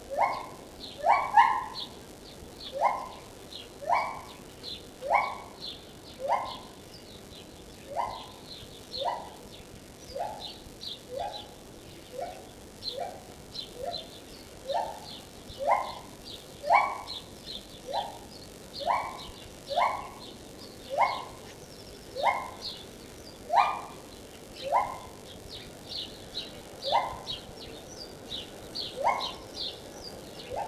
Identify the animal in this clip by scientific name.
Hylobates lar